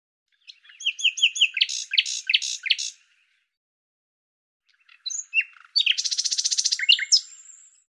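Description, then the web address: Bird delivers repeated rising whistled notes mixed with chirps, then pauses, then returns with a few chirps and a long, fast rattling trill. "Deverinetal 2025"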